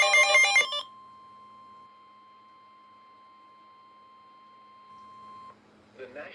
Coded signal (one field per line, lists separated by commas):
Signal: Emergency Alert System (SAME) tones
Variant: 1050 Hz attention tone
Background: speech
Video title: EAS Alerts From June 18, 2026s Slight Risk Of Severe Weather